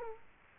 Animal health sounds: mosquito wingbeat signal from an infrared sensor; Culex quinquefasciatus

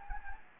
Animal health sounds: mosquito wingbeat signal from an infrared sensor; Anopheles gambiae

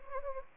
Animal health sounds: mosquito wingbeat signal from an infrared sensor; Anopheles arabiensis

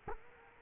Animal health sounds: mosquito wingbeat signal from an infrared sensor; Culex quinquefasciatus

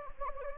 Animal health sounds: mosquito wingbeat signal from an infrared sensor; Anopheles gambiae

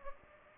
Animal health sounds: mosquito wingbeat signal from an infrared sensor; Anopheles gambiae

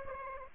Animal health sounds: mosquito wingbeat signal from an infrared sensor; Aedes aegypti

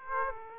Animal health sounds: mosquito wingbeat signal from an infrared sensor; Aedes aegypti

